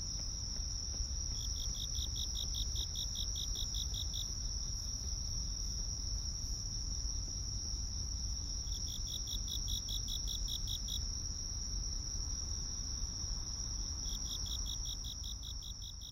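Crickets: a constant shrill trill beneath three separate bouts of fast pulsed chirps, each a few seconds long and spaced several seconds apart, with low steady background rumble.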